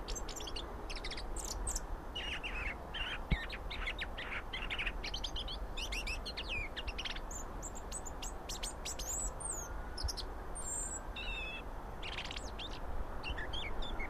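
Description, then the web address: European robin song with dense runs of high twittering and sharp whistled notes, phrases tumbling one after another for the whole stretch, low steady rumble beneath. "SETE data Erithacus rubecula"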